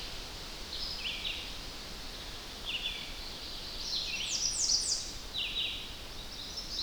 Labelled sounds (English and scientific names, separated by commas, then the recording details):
Red-eyed Vireo (Vireo olivaceus) song
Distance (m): 60 m
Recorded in boreal forest in Alberta, Canada, on 10 June 2016 at 07:44
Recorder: SongMeter 3, array SBT-3-39
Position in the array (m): 195 m, 122 m